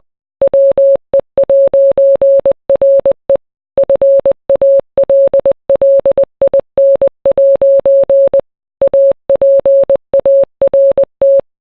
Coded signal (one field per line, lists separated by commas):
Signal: Morse code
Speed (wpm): 20 wpm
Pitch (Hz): 550 Hz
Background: none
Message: WE'RE FALLIN' APART